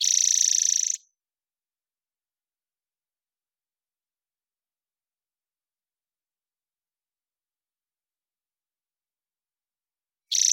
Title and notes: Spotted Towhee Song. Recorded in the beautiful Pacific Northwest, Washington, United States